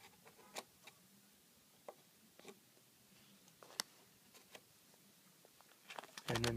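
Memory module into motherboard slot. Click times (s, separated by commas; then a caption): 3.8 s, 6.4 s. A memory stick, lined up the right way, is pressed firmly into a motherboard slot until its plastic retaining clips lock into place. Faint taps and small clicks sound over a quiet background, with sharp clicks at 3.8 s and 6.4 s as the clips lock, followed by a louder burst of handling noise at the end. The module is seated.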